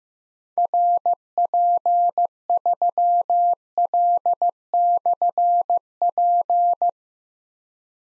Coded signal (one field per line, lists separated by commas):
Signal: Morse code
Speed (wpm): 15 wpm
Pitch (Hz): 700 Hz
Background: none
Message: RP3L/P